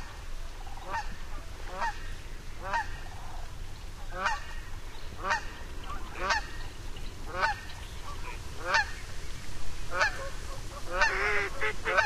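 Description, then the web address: Canada goose honks, single nasal calls spaced about one second apart, becoming busier and overlapping toward the end, with steady low-frequency rumble underneath. "Songs of Birds of North America Know Your Bird Sounds. Canada Goose"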